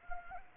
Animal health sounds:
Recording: mosquito wingbeat signal from an infrared sensor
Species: Anopheles arabiensis

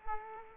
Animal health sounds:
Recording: mosquito wingbeat signal from an infrared sensor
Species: Culex quinquefasciatus

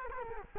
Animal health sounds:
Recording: mosquito wingbeat signal from an infrared sensor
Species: Culex quinquefasciatus

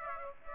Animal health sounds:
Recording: mosquito wingbeat signal from an infrared sensor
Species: Aedes aegypti

